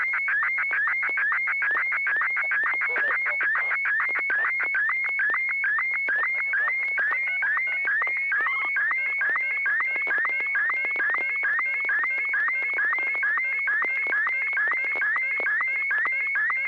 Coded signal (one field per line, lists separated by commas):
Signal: SSTV (slow-scan television)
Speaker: well I'm not sure what happened there because it looked I thought we were in the middle of a conversation and and hadn't gotten the request to to send the next picture yet yet another picture appeared